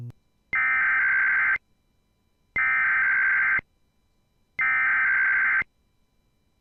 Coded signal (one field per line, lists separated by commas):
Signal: Emergency Alert System (SAME) tones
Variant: header bursts